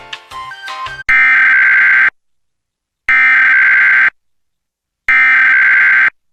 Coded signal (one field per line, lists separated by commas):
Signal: Emergency Alert System (SAME) tones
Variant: header bursts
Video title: EAS Mock: Very Dangerous Storms